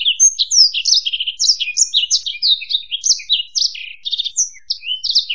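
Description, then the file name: Black-throated canary singing a continuous, high, fast warble of sweet chirps, slurred notes and short buzzy trills without a break. "suara burung blackthroat"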